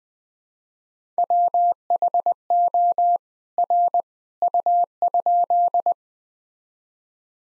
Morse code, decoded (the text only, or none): WHO R U?